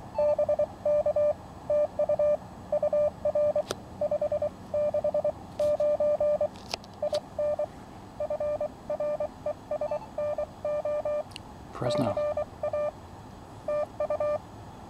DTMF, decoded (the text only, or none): none